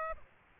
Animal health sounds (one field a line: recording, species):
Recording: mosquito wingbeat signal from an infrared sensor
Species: Aedes aegypti